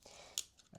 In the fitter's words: You have to press it in and click it till it clicks.